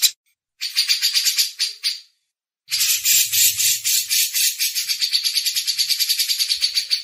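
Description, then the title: Grey-cheeked bulbul in buzzy pulsed chatter, a short run, a pause, then a long steady stream of quick notes. Masteran tutor used as training audio. "MASTERAN CUCAK JENGGOT"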